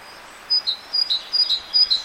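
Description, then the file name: Great tit singing a sharp, see-sawing two-note phrase, high then lower, repeated four times in under two seconds. "Parus major"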